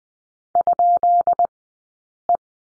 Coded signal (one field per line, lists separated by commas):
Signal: Morse code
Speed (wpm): 20 wpm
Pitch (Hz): 700 Hz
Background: none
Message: ? E